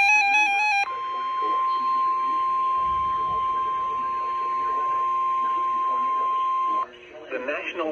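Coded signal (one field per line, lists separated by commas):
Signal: Emergency Alert System (SAME) tones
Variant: 1050 Hz attention tone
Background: speech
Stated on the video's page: Real EAS weather alerts, including watches and warnings, received on weather radios from three NOAA Weather Radio stations.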